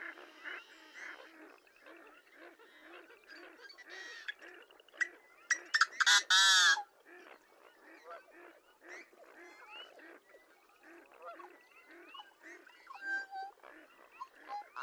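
Yellow-headed blackbird song, a loud strained buzzing burst in the middle, surrounded by many harsh clucks and squeaky notes.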